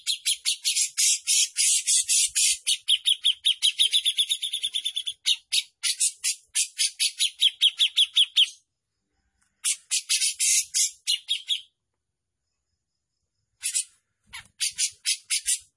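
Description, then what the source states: Grey-cheeked bulbul giving fast, harsh, buzzy chattering notes in long runs, broken by short pauses, then resuming in shorter bursts near the end. Bird described as gacor (persistently singing); song style called mewah mbeset ngepik.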